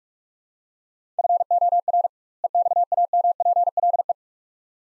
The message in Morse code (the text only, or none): FOR EXAMPLE